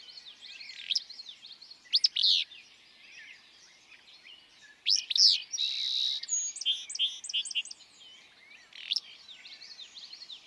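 Willow flycatcher giving a few abrupt, raspy two-note phrases among a lively background of many other songbirds twittering and trilling.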